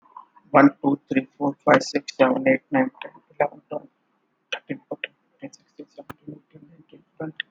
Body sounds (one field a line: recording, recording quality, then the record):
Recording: counting at a fast pace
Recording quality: moderate, slight background noise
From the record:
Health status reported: healthy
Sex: male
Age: 35 years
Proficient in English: yes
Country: India